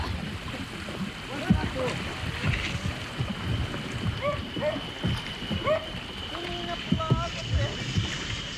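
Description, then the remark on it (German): A boat carrying a boatman and several hunters moves steadily along a river in the Brazilian rainforest, a continuous rushing wash with a thin, steady whine running through it, while faint scattered calls rise and fall above the noise. “Im Boot sind außer mir der Bootsmann und einige Jäger.”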